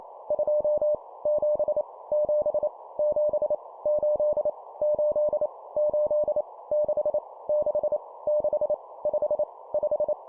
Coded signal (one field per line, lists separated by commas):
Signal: Morse code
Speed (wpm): 28 wpm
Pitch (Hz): 600 Hz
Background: none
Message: 2 7 7 7 8 8 8 6 6 6 5 5